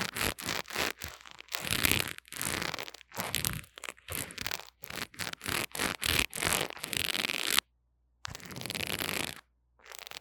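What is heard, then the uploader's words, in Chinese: Rough handling noise of a wired microphone being fiddled with: rapid scratching, rubbing and crackling bursts that fill nearly every moment, some sharp and bright. The sound cuts out completely for about half a second near the eight-second mark, then the scraping resumes. ASMR 各種玩弄線麥-蛋蛋的哀傷 | Lo-fi Earphone Mic | Lo-fi | No Talking。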